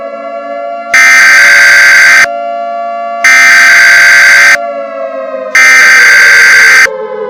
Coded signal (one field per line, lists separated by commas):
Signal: Emergency Alert System (SAME) tones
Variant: header bursts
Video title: EAS Scenario 13: The Night Of The Yanderes 2: The Return of the Yanderes